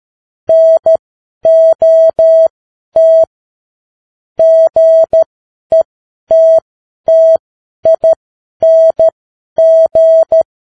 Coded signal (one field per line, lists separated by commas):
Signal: Morse code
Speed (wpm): 13 wpm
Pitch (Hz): 650 Hz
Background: none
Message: NOT GETTING